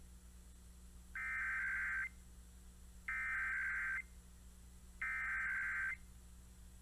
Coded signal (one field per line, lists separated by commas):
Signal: Emergency Alert System (SAME) tones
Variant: header bursts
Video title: KKHQ Required Weekly Test #3 (EAS #298)